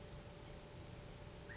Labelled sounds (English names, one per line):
California Quail